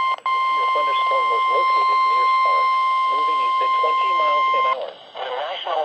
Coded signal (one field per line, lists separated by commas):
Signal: Emergency Alert System (SAME) tones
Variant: 1050 Hz attention tone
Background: speech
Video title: 3/23/19 EAS Severe Thunderstorm Warning Lincoln and Oklahoma City, Oklahoma NOAA Weather Radio